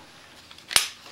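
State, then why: Released. A gloved hand reaches up and pulls a pistol magazine out of the grip because the glove's cloth stops it from dropping free. Two faint ticks come first, then a single sharp metallic hit at 0.8 s as the magazine comes out and is released.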